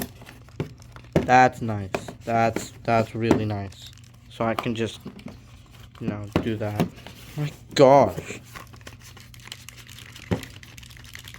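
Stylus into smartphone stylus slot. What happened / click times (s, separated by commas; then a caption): The stylus is being handled; it has not clearly seated yet / none. Someone talks while handling the stylus of a new Samsung Galaxy S25 Ultra smartphone during unboxing, pushing it toward its built-in slot. A few faint sharp taps are heard near the start and again near the end. Nothing has seated or clicked yet; the stylus is not yet home when the clip ends.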